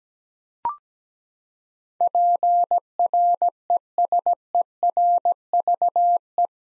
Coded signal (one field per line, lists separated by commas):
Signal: Morse code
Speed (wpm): 17 wpm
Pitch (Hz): 700 Hz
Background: none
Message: PRESERVE